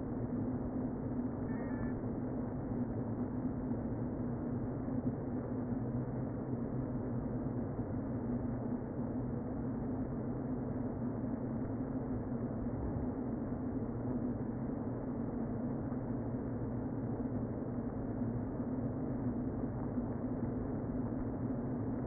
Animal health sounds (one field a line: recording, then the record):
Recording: honeybee colony, microphone inside the hive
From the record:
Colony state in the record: queen present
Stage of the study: before two queens were removed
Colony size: about 60,000 bees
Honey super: yes